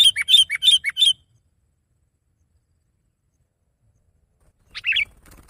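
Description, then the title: Sooty-headed bulbul delivering a rapid run of bright, repeated notes, then a pause and one more short chirpy phrase. "kutilang"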